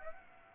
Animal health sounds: mosquito wingbeat signal from an infrared sensor; Aedes aegypti

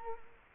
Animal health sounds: mosquito wingbeat signal from an infrared sensor; Culex quinquefasciatus

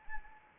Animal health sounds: mosquito wingbeat signal from an infrared sensor; Anopheles arabiensis

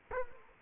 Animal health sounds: mosquito wingbeat signal from an infrared sensor; Culex quinquefasciatus

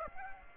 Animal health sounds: mosquito wingbeat signal from an infrared sensor; Aedes aegypti

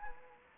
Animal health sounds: mosquito wingbeat signal from an infrared sensor; Anopheles arabiensis

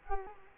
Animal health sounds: mosquito wingbeat signal from an infrared sensor; Culex quinquefasciatus

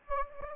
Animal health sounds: mosquito wingbeat signal from an infrared sensor; Anopheles gambiae

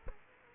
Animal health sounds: mosquito wingbeat signal from an infrared sensor; Culex quinquefasciatus

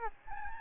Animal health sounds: mosquito wingbeat signal from an infrared sensor; Aedes albopictus

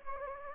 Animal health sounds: mosquito wingbeat signal from an infrared sensor; Anopheles gambiae

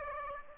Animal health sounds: mosquito wingbeat signal from an infrared sensor; Aedes aegypti

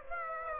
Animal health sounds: mosquito wingbeat signal from an infrared sensor; Aedes aegypti

